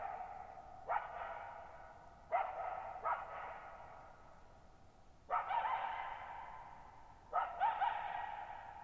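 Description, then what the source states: Coyote giving several rough yapping barks, some doubled, each followed by a long lingering echo; otherwise very quiet. Lone coyote, night of July 14, 2019, near Thirtymile Meadows, Okanogan National Forest, Okanogan High Country, 6400 ft, shallow bowl-shaped meadow on a high dry plateau, quiet burble and ripple sounds from the boggy ground.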